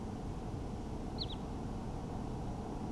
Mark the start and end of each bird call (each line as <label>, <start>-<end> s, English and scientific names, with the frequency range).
Wood Sandpiper (Tringa glareola) (2.5-4.6 kHz), 1.17-1.35 s